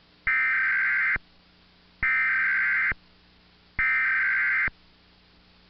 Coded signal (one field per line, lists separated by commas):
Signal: Emergency Alert System (SAME) tones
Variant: header bursts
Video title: The Nationwide (United States-wide) Test of the Emergency Alert System (EAS).wmv